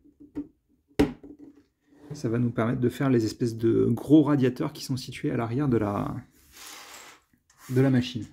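A small plastic LEGO clip piece is pressed onto a LEGO Creator Expert Back to the Future Time Machine brick model, part of building the large radiators at the rear of the machine. One sharp, loud snap is heard at 1.0 s as the clip seats, followed by someone talking.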